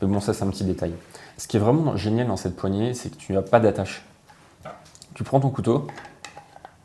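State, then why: Not seated. A survival knife, a fixed blade, is being handled at its plastic sheath while someone talks, with a few short sharp handling sounds near the end. Nothing has seated or clicked yet; the knife has not snapped into the sheath by the end of the clip.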